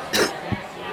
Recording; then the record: coughing mixed with background sound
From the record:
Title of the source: 60 coughing still (deep and wet cough)